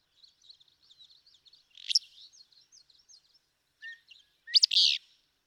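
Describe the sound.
Willow flycatcher song, one burry phrase midway and a louder sneezy two-part phrase near the end, with a faint rapid chattering warble through the first part.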